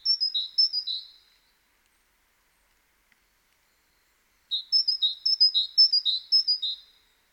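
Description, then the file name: Great tit: the tail of one bout of repeated high-low note pairs, a few seconds of quiet, then a fresh run of about five pairs. "Parus major"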